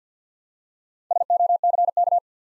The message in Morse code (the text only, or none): SOCK